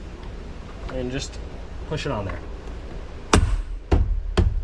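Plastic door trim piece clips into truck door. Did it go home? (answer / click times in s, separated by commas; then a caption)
yes / 3.3 s, 4.4 s. Someone talks while a plastic door trim piece is lined up on its clips and pushed onto the door of a 1999–2016 Ford F250–F550 truck during a tow mirror installation. Sharp snaps are heard as the clips seat, at 3.3 s and 4.4 s. The trim panel is seated back on the door.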